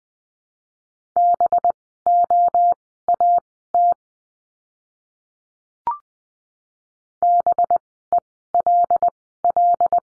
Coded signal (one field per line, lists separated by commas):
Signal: Morse code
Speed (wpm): 20 wpm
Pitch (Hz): 700 Hz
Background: none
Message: BOAT BELL